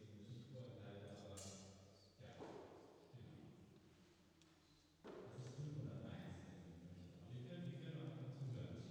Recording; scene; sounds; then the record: everyday scene through a hearing-aid microphone; reverberant space; speech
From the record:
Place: church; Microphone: in the ear canal, left